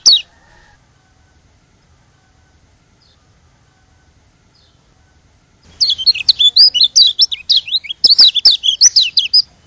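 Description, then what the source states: White-eye song: a brief high note, several seconds of quiet, then a lively four-second stream of high, slurred, tinkling twitters. Lombok.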